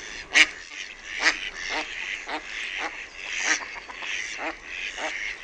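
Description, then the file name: Mallard quacks, harsh nasal notes given singly at irregular intervals, some louder than others, over a steady background hiss. "SINISORSA"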